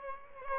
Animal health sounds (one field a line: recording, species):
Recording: mosquito wingbeat signal from an infrared sensor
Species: Aedes albopictus